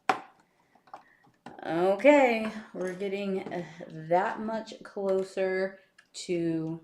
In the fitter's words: And if everything works right, it should just snap into place.